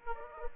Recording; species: mosquito wingbeat signal from an infrared sensor; Aedes aegypti